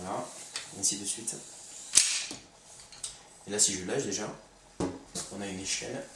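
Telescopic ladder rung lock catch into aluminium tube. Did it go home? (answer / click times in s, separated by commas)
yes / 2.0 s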